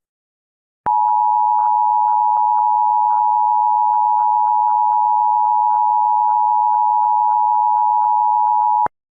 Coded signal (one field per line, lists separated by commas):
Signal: Emergency Alert System (SAME) tones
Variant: 853 and 960 Hz attention tone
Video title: TMYKs EAS Scenario Nuclear Attack Live and Uncut 2019 (REUPLOAD)